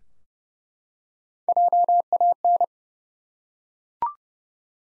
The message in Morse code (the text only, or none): JAN